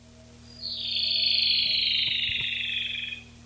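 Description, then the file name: Rufous-tailed robin song, a single buzzy pulsed trill descending gently over about two and a half seconds, with soft background noise and faint clicks. Recorded 19–22 July 1991. "Lsibilans 3 19-22 07 91"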